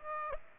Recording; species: mosquito wingbeat signal from an infrared sensor; Aedes aegypti